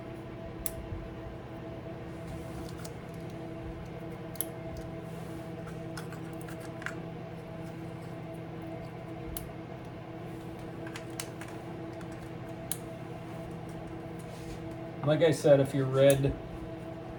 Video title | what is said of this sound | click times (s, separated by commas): Jeep Cherokee XJ 4 Hole Fuel Injector Upgrade 4.0l Step By Step #jeepxj #fuelinjectors #jeeplife | clip them on make sure you hear that click sound like | 0.7 s, 4.4 s, 6.9 s, 9.4 s, 11.2 s, 12.7 s